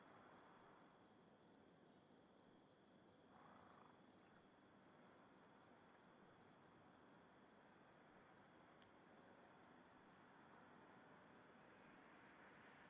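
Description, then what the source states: Crickets chirping in a fast, steady high-pitched pulse, several chirps per second, over a quiet background hiss. Recorded at night in the countryside.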